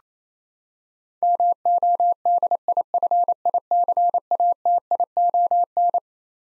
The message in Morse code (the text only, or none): MODIFICATION